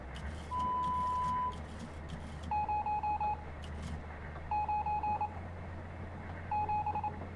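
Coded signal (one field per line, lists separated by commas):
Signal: Morse code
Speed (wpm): 26 wpm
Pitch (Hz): 840 Hz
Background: none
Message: 0 9 7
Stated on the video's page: Sound from the game Stories Untold.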